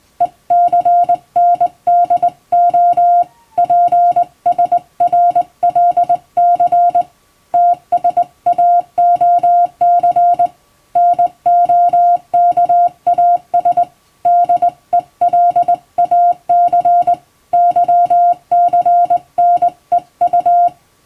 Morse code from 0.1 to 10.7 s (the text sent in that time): ECNDO PSRLC TSAOC